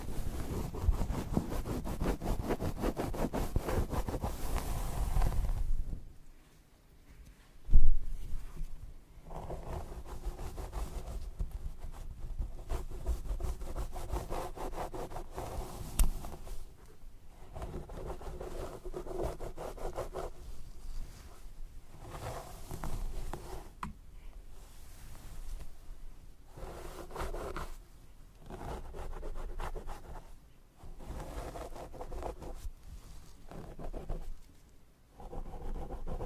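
Scalp massage and hair brushing: a dense rough rubbing for five seconds, a sharp knock near eight, then steady soft scratchy strokes with brief pauses.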